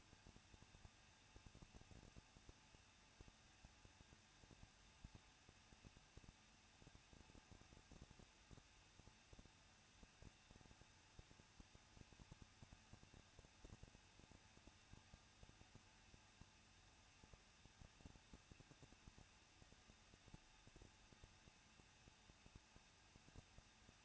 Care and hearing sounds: daily activity, microphone in the room; no activity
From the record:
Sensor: 2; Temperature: 21.0 degrees Celsius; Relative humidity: 37.3%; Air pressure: 1006.4 hPa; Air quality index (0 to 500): 220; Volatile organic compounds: 23 ppm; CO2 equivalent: 2778 ppm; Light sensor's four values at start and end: 2/3/2/2 and 2/3/2/2

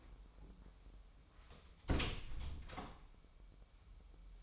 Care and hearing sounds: daily activity, microphone in the room; close door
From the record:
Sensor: 1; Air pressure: 996.1 hPa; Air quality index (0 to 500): 41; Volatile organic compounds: 1 ppm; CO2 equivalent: 821 ppm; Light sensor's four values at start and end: 14/34/14/16 and 14/33/14/16

